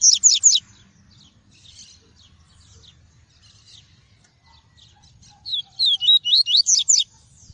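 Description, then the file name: Double-collared seedeater song: a quick series of sharp high notes, a quiet stretch of faint twitters, then a rapid run of bright warbled whistles repeated several times. Song of the "tui-tui" variety. "canto do papa capim tui tui"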